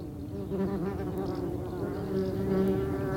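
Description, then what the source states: Wasps and bumblebees making a continuous low, engine-like drone that swells slightly louder toward the end, with no other sounds clear. Wasps and bumblebees going into a hole in a meadow, possibly a mole tunnel; recorded on a phone left beside it; the sound likened to a motocross.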